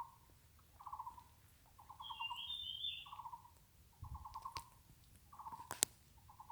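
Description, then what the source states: Taiwan barbet calling in short low rattling trills repeated about once a second, with a higher bird note and faint clicks in the background. Taiwan barbets calling in the mountains; the recordist notes barbets are relatively few here.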